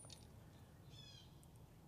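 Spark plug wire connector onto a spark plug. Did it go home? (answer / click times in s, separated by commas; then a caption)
no / none. A tight, previously repaired spark plug wire connector is being handled onto a spark plug on a 1989 Mercury 80hp outboard during service. A steady low rumble runs throughout, with faint short ticks near 0.1 s and 1.4 s and a brief thin high tone around 0.9–1.2 s. The clip ends before the connector goes on, and nothing has seated or clicked yet.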